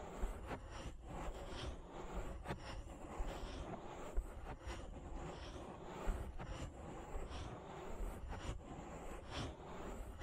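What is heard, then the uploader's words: An ear massage: a dense, steady rubbing and rustling with a low rumble underneath and a bright hiss on top. Sharp crackles and taps cut through every half second or so, with a few louder pops near the four- and six-second marks. ASMR Relaxing Ear Massage. (No Talking).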